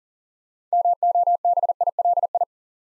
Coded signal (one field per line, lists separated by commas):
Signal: Morse code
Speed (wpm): 39 wpm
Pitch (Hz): 700 Hz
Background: none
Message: MOBILI